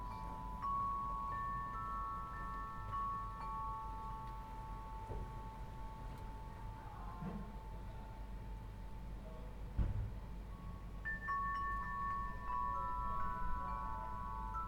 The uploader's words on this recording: Wind chimes and bells, Provincetown, Massachusetts on the Winter Solstice after the light fades. By Eleanor McDowall.